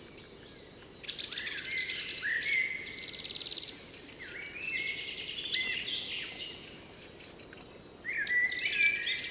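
Blackbird song of rapid, varied whistles and high twittering trills in bursts, with a short quieter pause before another fluty phrase at the end.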